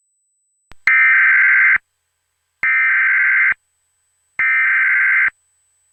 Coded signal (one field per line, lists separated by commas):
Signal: Emergency Alert System (SAME) tones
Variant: header bursts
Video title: EAS Scenario: Angels [The Complete Series] #eas #easscenario